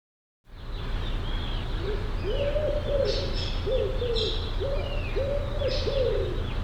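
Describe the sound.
Bird call: low, breathy coos in short bursts after a quiet start, with brief high chips from other birds and a steady low drone.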